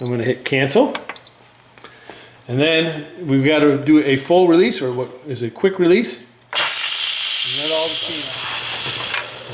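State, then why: Released. Someone talks, then a loud, steady steam hiss begins at about 6.5 s as a quick steam release is done on an electric pressure cooker (Instant Pot) cooking green beans. At 9.1 s the metal float valve pin in the lid drops with a sharp click, unlocking the lid so it is now safe to open.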